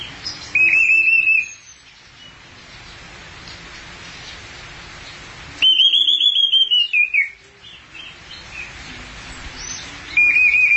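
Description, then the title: Thrush song in three loud trilled phrases separated by long quiet stretches. "burung anis x"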